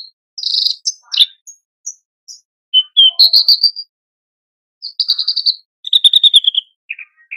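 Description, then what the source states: Horsfield's bush lark song with loud, rattling buzzy trills and sharp high whistles, phrases of rapid repeated notes broken by short gaps. Masteran for training cage birds; a very active, vigorous singer.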